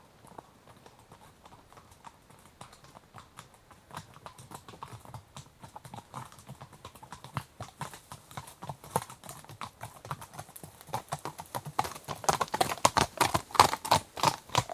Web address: BBC Horses Walking. one horse approaches at walk departs at trot left to right some wind noise